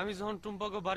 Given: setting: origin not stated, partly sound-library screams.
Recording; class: one-second piece from a danger detection set; normal situation